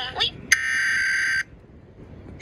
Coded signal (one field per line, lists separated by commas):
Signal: Emergency Alert System (SAME) tones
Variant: header bursts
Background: speech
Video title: WHAT KIND OF VOICE IS THIS?! | New Jersey Required Monthly Test on NJTV (March 15, 2022) (EAS #387)